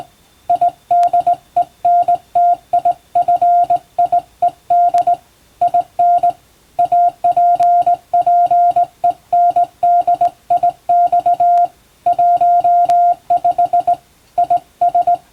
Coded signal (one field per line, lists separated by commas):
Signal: Morse code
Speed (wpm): 19 wpm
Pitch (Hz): 700 Hz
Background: music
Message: IDENTIFIED IN APPENDIX 15 IS